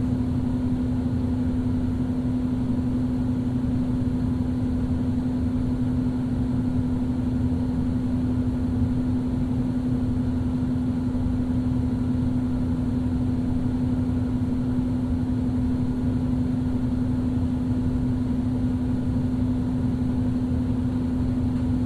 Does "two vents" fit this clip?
yes